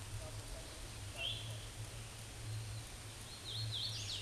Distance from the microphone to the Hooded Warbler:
about 35 m